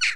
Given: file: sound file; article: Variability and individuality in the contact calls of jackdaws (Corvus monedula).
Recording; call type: jackdaw call; noisy